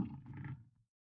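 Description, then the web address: Lion growl: a short, deep rumbling growl that trails off within a second. Big growls. "Sound Ideas, LION - BIG GROWLS, ANIMAL, CAT"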